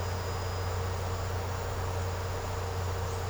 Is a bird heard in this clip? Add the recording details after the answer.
no. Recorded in secondary vegetation near Puerto Asís, Putumayo, Colombia, on 13 March 2025 at 15:00. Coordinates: 0.468, -76.324. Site G059